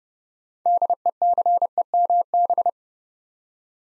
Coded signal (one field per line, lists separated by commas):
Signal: Morse code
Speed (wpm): 30 wpm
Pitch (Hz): 700 Hz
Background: none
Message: DECEMB